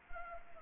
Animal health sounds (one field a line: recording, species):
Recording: mosquito wingbeat signal from an infrared sensor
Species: Anopheles arabiensis